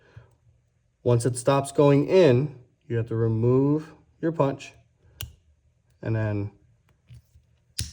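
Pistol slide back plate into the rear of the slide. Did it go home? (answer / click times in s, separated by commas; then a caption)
yes / 7.8 s. A pistol slide back plate is pushed into the rear of the slide, over the sleeve, after the firing pin goes back in, with a punch used to press it in while someone talks. A sharp, loud click at 7.8 s marks the back plate seating home.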